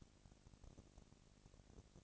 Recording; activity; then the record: daily activity, microphone in the room; no activity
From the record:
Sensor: 4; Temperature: 22.4 degrees Celsius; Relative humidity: 31.9%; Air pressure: 998.0 hPa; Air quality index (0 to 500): 203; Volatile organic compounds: 17 ppm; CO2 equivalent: 2570 ppm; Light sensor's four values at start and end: 2/3/1/1 and 2/3/1/1